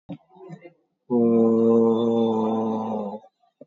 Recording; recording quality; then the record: sustained vowel as in boot; excellent, no background noise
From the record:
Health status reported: COVID-19 positive, mild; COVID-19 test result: positive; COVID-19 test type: RT-PCR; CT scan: taken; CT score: 13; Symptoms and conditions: cough, sore throat, fatigue, loss of smell and taste, diabetes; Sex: male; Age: 51 years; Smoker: no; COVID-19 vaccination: none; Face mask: worn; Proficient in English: yes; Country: India